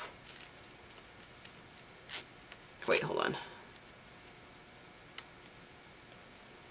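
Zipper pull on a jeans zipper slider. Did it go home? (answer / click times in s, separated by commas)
yes / 5.2 s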